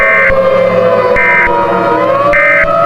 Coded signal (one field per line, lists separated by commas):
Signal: Emergency Alert System (SAME) tones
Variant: end-of-message bursts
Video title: EAS Scenario: Black Hole REMASTERED